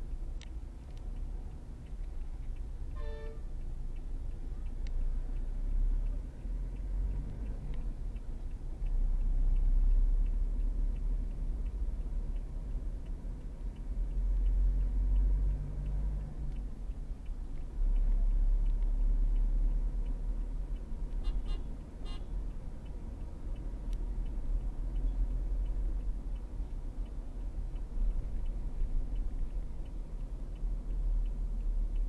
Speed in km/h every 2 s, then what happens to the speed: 9, 10, 17, 25, 27, 31, 34, 39, 40, 43, 45, 47, 49, 46, 44, 42.
2-23 speeds up to 49.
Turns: none.